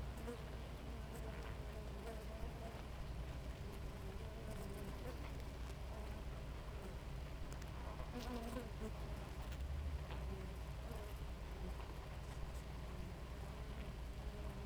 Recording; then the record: honeybee colony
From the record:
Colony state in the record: active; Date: 28 July 2017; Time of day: 4:57